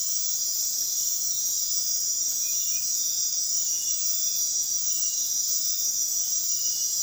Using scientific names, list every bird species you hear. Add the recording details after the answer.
none. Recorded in dense forest near Puerto Asís, Putumayo, Colombia, on 20 February 2024 at 05:00. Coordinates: 0.499, -76.324. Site G6469